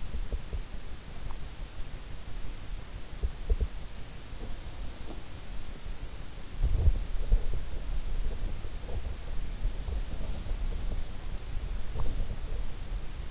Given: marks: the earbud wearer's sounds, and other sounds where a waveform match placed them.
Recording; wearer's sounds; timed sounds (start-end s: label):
sounds in sleep by an in-ear microphone; swallowing, teeth grinding, body movement
0.00-1.82 s: swallowing
3.11-3.75 s: teeth grinding
5.05-5.22 s: teeth grinding
6.63-13.31 s: body movement